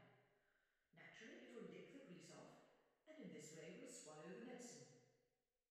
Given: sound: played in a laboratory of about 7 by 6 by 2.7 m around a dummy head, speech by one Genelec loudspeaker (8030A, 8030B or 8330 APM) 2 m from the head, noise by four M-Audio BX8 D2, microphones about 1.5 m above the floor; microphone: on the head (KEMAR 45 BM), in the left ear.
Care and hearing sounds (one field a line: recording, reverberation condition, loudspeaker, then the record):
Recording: female speech in English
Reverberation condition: high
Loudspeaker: 60 degrees to the right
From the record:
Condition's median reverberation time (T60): about 1300 ms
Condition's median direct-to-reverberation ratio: about -4.0 dB